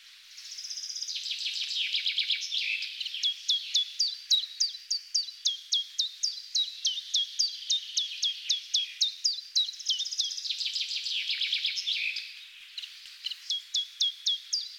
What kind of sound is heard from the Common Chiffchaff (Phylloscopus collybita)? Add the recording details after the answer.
song. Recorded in the wild. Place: Telehany, BY. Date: 2005-05-23. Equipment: Minidisc Sony MZ-R35, Telinga DAT, Telinga-Parabolspiegel. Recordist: Schwarz, Dieter